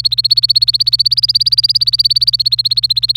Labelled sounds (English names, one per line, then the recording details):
Domestic Canary song
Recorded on 26 April 2018 at 06:45
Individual llb3